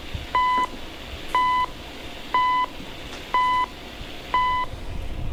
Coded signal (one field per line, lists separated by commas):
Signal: radio time signal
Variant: time pips